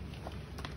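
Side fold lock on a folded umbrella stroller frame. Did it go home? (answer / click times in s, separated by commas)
yes / 0.6 s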